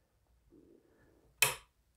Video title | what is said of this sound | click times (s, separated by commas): PSA AK 103 - US Made AK Rifle | and then you heard that click in place right there so that is back on and that's how easy to change that out | 1.4 s